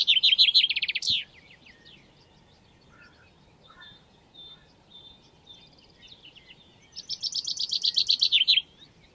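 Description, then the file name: Common chaffinch with a loud, fast trill of stacked repeated notes at the opening and another near the end, soft scattered chirps and twitters filling the gap. "Fringilla coelebs"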